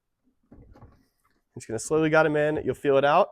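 A drawer for a 2nd Gen Nissan Xterra drawer system is lined up so its slots meet the small black tabs on both sides of the cargo drawer frame and is slowly guided in, making only soft handling noises from about 0.5 to 1.3 s. Someone then talks. Nothing has seated or clicked yet.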